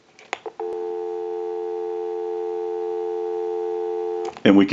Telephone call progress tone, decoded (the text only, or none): dial tone